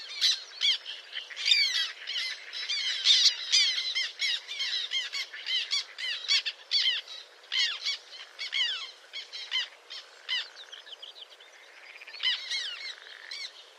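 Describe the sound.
Bird calls in a dense, continuous chorus of harsh, squawking notes with chattering bursts, overlapping throughout and briefly thinning near the end.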